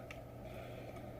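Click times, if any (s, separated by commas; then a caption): none. Plastic rotor blades are being folded out on the helicopter mode of a Transformers Studio Series 08 2007 Blackout transforming robot toy. There is quiet plastic handling with a brief light tick at about 0.1 s over a steady low background. The blades have not clicked into place yet.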